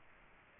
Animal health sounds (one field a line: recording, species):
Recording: mosquito wingbeat signal from an infrared sensor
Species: Aedes aegypti